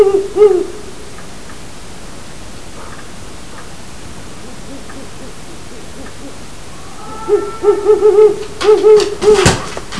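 Owl giving low hoots at the start, a long quiet gap, then a burst of quick hoots, with clattering knocks at the end.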